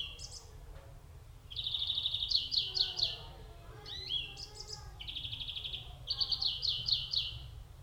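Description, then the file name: European greenfinch delivering rapid twittering trills and a short wheezy note, with soft chattering notes underneath and steady low hum. "Chloris chloris"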